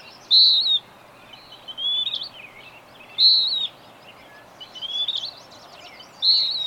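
Bird song opening with a loud high whistle, then softer twittered phrases, the loud whistle returning twice, light hiss beneath.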